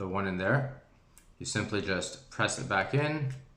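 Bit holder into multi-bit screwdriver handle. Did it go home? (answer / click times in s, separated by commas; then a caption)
no / none. Someone talks while a screwdriver bit holder cartridge is pressed back toward the storage handle of a multi-bit screwdriver. Nothing has seated or clicked yet; the cartridge is handled but not yet home.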